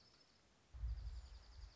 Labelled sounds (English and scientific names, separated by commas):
Dark-eyed Junco (Junco hyemalis)